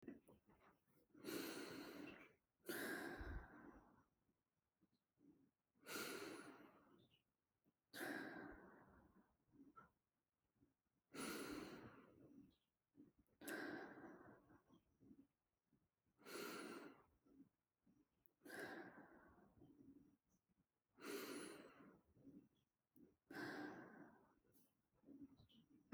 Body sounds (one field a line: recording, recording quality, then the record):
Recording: deep breathing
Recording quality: excellent, no background noise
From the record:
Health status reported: healthy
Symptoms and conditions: none ticked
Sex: female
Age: 29 years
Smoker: not ticked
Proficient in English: yes